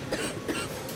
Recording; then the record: coughing mixed with background sound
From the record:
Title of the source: 31 night wet cough